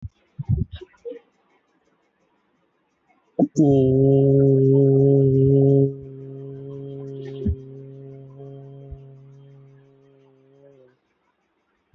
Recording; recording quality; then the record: sustained vowel as in boot; moderate, slight background noise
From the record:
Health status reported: healthy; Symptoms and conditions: none ticked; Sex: male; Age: 59 years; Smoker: not ticked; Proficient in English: yes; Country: India